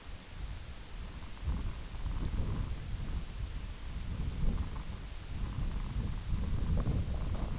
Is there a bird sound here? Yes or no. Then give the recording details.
no. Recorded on Arctic tundra, site IGLO-F, on 22 June 2018. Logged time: 04:00